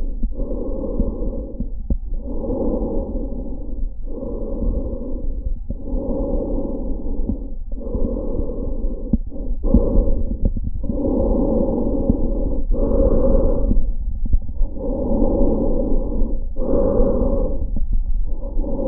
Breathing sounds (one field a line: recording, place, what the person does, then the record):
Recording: lung sounds by stethoscope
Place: trachea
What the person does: quiet breathing, then deep breathing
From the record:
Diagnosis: COPD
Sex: male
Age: 80 years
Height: 171 cm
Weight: 75 kg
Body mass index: 25.6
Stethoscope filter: diaphragm mode